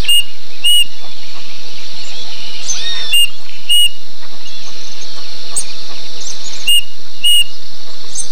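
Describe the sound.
Bird repeating a loud whistled note several times, mostly in pairs a few seconds apart, with a continuous buzzing insect chorus and scattered faint bird chirps.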